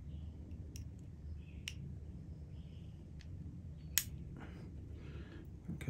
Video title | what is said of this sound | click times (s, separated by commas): How to assemble and disassemble Deutsch DT connectors | see so now that's clicked | 4.0 s